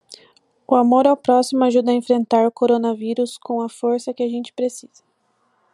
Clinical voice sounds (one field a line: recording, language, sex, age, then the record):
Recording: spoken sentence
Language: Brazilian Portuguese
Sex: female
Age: 20 to 29 years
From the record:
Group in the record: control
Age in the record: 27 years